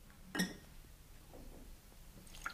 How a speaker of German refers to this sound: Los, gieß 2 Gläser ein.